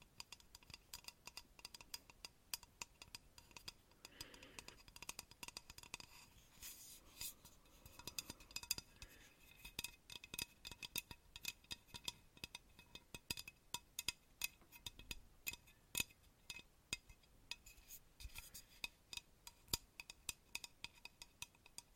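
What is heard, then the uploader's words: Intense tapping with hard, sharp clicks that land constantly and irregularly, often in quick flurries, with a few louder knocks standing out around 15 and 17 seconds. The taps have a clinking, dish-and-cutlery quality. A faint steady hum and soft rustling sit beneath them. ASMR INTENSE TAPPING.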